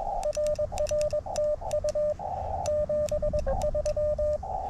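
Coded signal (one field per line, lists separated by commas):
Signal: Morse code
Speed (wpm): 21 wpm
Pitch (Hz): 590 Hz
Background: radio noise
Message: RR TU 73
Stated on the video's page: Summit activation (SOTA) on Hot Springs Mountain, California.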